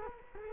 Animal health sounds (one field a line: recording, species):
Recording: mosquito wingbeat signal from an infrared sensor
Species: Culex quinquefasciatus